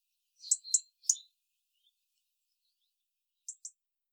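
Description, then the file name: European robin calls: three sharp, high notes in a quick cluster, a pause, then two more brief high notes near the end. "Erithacus rubecula"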